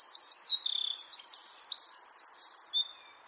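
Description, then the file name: Eurasian wren song: a rapid, loud outpouring of high, sharp notes and fast rattling trills, lasting about three seconds before stopping. "Troglodytes troglodytes"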